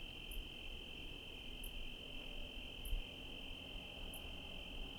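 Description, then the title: Cricket song holds a constant high-pitched trill, punctuated by short shrill pips repeating at regular intervals, above low rumbling background noise. Night recording in Trinity County, California, USA, dated 17/10/25 around 05:06 (approximate time); recorded on Zoom H1 with internal XY microphones. "Trinity County, Californie, États-Unis d'Amérique - 17_10_25_05_06 grillons nuit voitures PLUIE"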